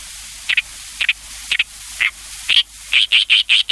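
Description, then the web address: Oriental reed warbler giving harsh, rasping notes, spaced at first and then speeding into a quick repeated series. "sikioto. ooyoshikiri"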